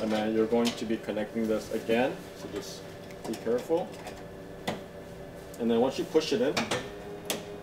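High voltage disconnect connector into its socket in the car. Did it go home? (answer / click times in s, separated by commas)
yes / 7.3 s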